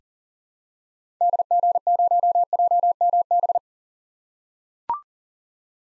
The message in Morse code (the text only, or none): DG0JMB